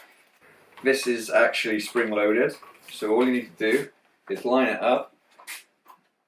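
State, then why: Not seated. A hand attachment is lined up with the spring-loaded carriage of a Trinity Creative T-TWO safety release system while someone talks. Only light handling sounds are heard, with small taps near 5.4 and 5.9 seconds. Nothing has been popped on or clicked into place yet.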